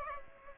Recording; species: mosquito wingbeat signal from an infrared sensor; Aedes aegypti